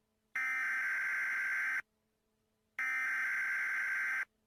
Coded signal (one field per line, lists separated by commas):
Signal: Emergency Alert System (SAME) tones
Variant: header bursts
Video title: T A P W A T E R, EAS SCENARIO